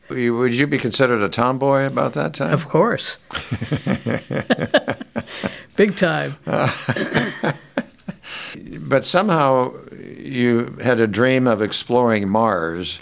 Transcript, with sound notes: Would you be considered a tomboy about that time?
Of course. Big time. (Chuckling)
But somehow you had a dream of exploring Mars.